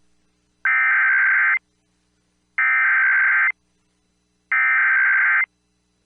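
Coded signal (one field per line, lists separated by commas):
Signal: Emergency Alert System (SAME) tones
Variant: header bursts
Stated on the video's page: Real statewide AMBER alert for Arizona/Washington/Idaho relayed by broadcast stations; originator civil authorities, event child abduction emergency.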